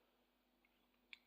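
A screwdriver pushes down the retaining fin of the lock barrel in a BMW Motorrad motorcycle sat-nav holder, releasing the barrel so the whole locking system can be pushed out of the holder. Faint small ticks come first, then a short, sharp click at 1.1 s. The lock barrel is released.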